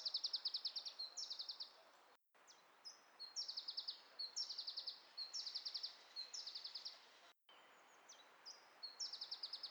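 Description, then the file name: Iberian chiffchaff delivering repeated song phrases of thin, high notes that accelerate into fast chip series, phrase after phrase with hardly a pause, over a soft hiss. "iberischer zilpzalp"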